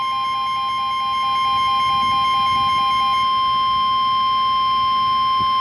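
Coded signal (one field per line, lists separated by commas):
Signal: Emergency Alert System (SAME) tones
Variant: 1050 Hz attention tone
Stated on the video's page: EAS/NOAA Weather Radio severe thunderstorm warning alert.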